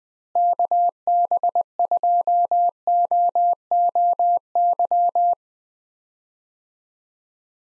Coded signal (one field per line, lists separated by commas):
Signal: Morse code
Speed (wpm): 20 wpm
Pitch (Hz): 700 Hz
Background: none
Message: KB2OOY